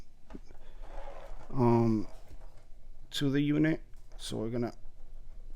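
A power wiring harness plug is being handled at the port on the back of a Dasaita Vivid 10.2-inch Android head unit for a 2014–2021 Nissan Rogue/X-Trail, the port that supplies power to the unit. Someone talks while faint handling noises and a brief tick near 0.3 s are heard. Nothing has seated or clicked yet; the plug is not home by the end of the clip.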